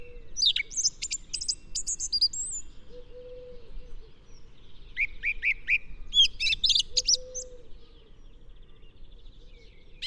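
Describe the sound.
Song thrush song, high chirpy and whistled phrases in two main bursts, some notes repeated, over steady low rumbling background noise and a faint humming tone.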